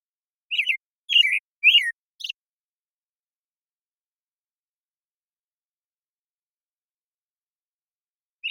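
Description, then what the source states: American Robin song: a burst of four whistled phrases, the last thin and high, then a long silence before one more phrase begins. Morning song in a very long sequence, Pacific Northwest, Washington, United States; parabolic microphone recording, processed clean for clarity with natural pacing and rhythm kept.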